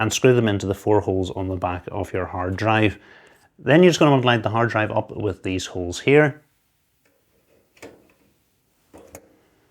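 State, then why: Seated. A 3.5-inch hard drive, fitted with rubber grommets and larger 3.5-inch drive screws in the four holes on its back, is lined up with the holes in a be quiet! Shadow Base 800 FX case's drive bracket and pulled down until it locks into place, nice and secure. Someone talks for the first six seconds, then soft taps and knocks follow around 7.8 s, with the sharpest hit, the lock, at 9.2 s.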